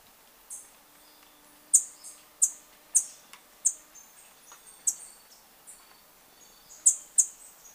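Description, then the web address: Flame-faced tanager uttering sharp, very high, thin chips at irregular intervals over a quiet background. Recorded in Ecuador. "Birds of Ecuador. Flame-faced Tanager"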